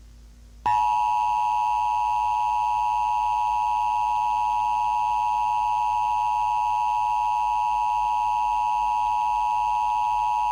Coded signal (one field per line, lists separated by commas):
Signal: Emergency Alert System (SAME) tones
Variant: 853 and 960 Hz attention tone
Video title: EAS Scenario - Collision Course